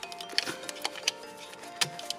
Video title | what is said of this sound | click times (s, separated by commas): How to Change Spark Plugs G35/350z (VQ35DE) Step By Step | You just hear that click in there, yep. Give her a nice little tug, make sure she's in there, yep. | 0.4 s